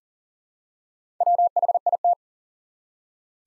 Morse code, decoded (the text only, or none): WHIT